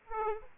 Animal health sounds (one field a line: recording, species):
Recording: mosquito wingbeat signal from an infrared sensor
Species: Aedes aegypti